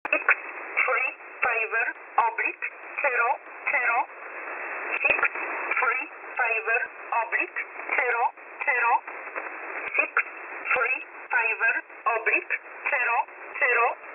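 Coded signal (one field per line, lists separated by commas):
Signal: numbers station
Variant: E11 Oblique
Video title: E11 Oblique 01/11/2022 0715 UTC 9130kHz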